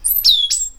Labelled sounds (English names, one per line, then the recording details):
Stitchbird song
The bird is a male
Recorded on Tiritiri Matangi Island, New Zealand, in 2005
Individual 10, of nest box 12